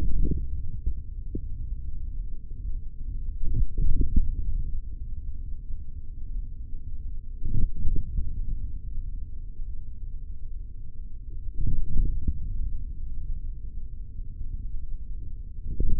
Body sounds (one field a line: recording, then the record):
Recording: forearm muscle sounds (acoustic myography)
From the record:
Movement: hand closing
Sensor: system 3, bracelet of six PUI Audio POM-2738L microphones around the upper forearm, with dedicated amplification and filtering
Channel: 4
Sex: male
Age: 43 years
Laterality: right